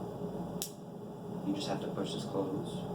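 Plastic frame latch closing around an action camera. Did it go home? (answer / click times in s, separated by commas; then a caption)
yes / 0.6 s. A plastic mounting frame around a GoPro Session 5 action camera is pushed closed, and its latch gives one short, sharp click at 0.6 s, seating it shut. Someone talks afterward.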